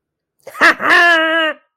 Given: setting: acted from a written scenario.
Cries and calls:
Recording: vocal sound without words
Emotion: triumph

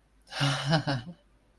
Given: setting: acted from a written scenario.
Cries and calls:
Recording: vocal sound without words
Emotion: ecstasy

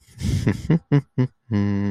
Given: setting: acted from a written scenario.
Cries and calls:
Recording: vocal sound without words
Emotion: romantic love

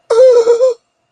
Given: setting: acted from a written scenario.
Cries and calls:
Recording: vocal sound without words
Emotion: elation

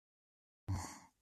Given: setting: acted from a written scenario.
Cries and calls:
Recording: vocal sound without words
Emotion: disappointment

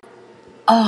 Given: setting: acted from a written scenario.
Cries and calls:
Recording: vocal sound without words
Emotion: awe

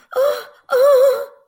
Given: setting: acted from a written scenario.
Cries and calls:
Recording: vocal sound without words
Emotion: distress

